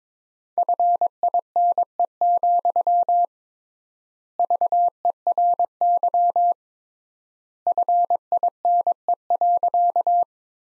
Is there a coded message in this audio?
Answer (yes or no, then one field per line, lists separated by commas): yes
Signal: Morse code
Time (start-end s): 0.6-10.2 s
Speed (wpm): 21 wpm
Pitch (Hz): 700 Hz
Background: none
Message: FINE, VERY FINE.